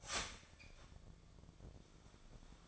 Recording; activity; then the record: daily activity, microphone in the room; start toaster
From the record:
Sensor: 5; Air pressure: 1009.5 hPa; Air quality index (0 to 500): 169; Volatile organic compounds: 4 ppm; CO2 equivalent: 1634 ppm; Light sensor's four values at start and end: 92/243/99/104 and 92/242/99/104